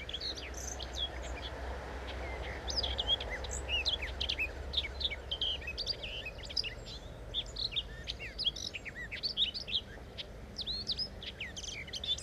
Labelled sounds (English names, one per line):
Common Whitethroat song